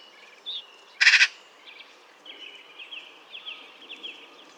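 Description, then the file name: Eurasian magpie giving one harsh, rattling chatter burst of several rapid pulses, with faint high trilling and thin notes in the background. "Pica pica"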